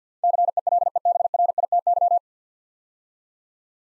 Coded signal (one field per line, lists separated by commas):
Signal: Morse code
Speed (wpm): 50 wpm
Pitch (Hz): 700 Hz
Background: none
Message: CELEBRITY